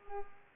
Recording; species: mosquito wingbeat signal from an infrared sensor; Culex pipiens